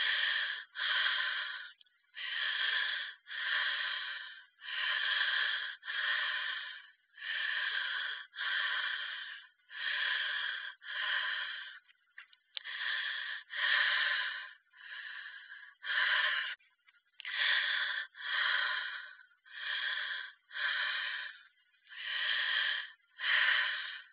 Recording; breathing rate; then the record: paced breathing near a phone; 24 breaths a minute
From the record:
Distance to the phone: 20 cm